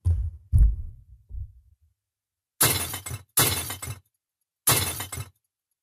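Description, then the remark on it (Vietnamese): Loud crashes of objects breaking and shattering, three sharp bursts of clattering debris after a few low thuds, with no one speaking. “Tiếng loảng xoảng đổ vỡ tựa như bè cho tiếng khóc của mẹ cô.”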